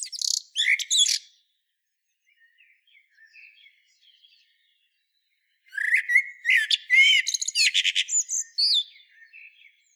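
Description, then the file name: Common blackbird singing a high twittering fragment, then after a quiet gap a long phrase of low mellow whistles rising into rapid squeaky notes. "Turdus merula"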